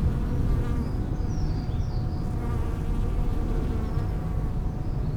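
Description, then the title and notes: Bee buzzing, a low steady hum over rumbling background noise, with a few faint high chirps. Bees in lavender in the palliative care service garden of Hôpital Brugmann, Brussels, Belgium, a peaceful spot apart from other hospital pavilions; recorded with Sony PCM-M10 internal microphones. "Hôpital Brugmann, Place Arthur Van Gehuchten, Bruxelles, Belgique - bees in the palliative care services garden. Bees in the lavender from the palliative care service's garden. Abeilles dans la lavande, jardin du service de soins palliatifs"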